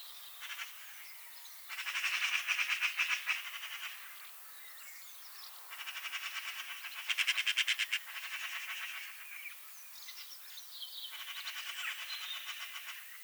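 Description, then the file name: Eurasian magpie rattling repeatedly in several rasping bursts of rapid clacking notes. "Pica pica"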